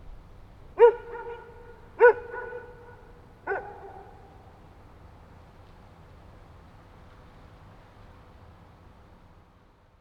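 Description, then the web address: Dog barks three times, single sharp barks a little over a second apart, followed by quiet background hum. "Effects 02-Birds, Insects Animals. Animals dogs"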